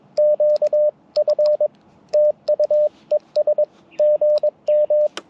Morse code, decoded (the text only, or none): QF TU ES GM